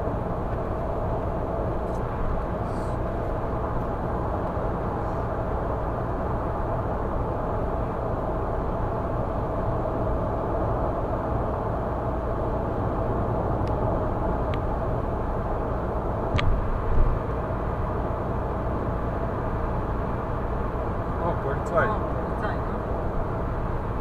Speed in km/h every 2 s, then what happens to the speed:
105, 105, 105, 105, 105, 105, 104, 105, 105, 105, 105, 106.
0-24 steady at about 105.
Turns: none.